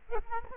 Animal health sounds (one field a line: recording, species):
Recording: mosquito wingbeat signal from an infrared sensor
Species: Culex quinquefasciatus